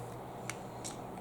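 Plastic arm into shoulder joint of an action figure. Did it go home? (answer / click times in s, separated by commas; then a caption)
yes / 0.5 s. A detached plastic arm is pushed back into the shoulder joint of a Transformers Generations Selects G2 Megatron transforming robot figure. It engages with a faint, short click at 0.5 s over a low steady background, and a softer rustle follows. The arm is seated back in the shoulder.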